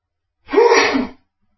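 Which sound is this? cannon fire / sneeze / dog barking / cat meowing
sneeze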